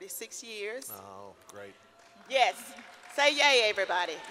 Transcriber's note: applause